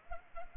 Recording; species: mosquito wingbeat signal from an infrared sensor; Culex pipiens